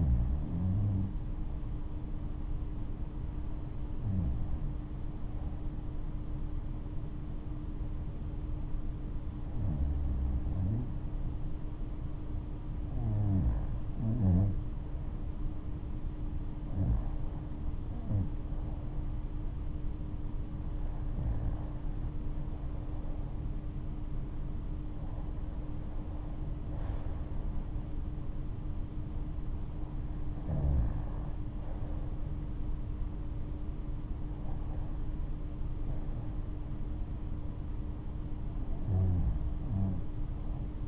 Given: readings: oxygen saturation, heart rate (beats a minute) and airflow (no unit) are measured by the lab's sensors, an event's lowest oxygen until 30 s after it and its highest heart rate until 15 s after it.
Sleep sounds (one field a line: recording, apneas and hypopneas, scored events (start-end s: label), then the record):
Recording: breathing in sleep by a smartphone at the bedside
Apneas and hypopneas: 1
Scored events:
4.00-16.90 s: hypopnea (REM, oxygen 95% highest, then 93% lowest, heart rate 70 at the start, 75 highest)
From the record:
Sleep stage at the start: REM sleep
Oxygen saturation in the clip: 92 to 96%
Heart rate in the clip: 68 to 75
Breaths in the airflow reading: 10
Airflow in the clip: -10.9 to 9.9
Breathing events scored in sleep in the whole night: 228 in 5.4 hours asleep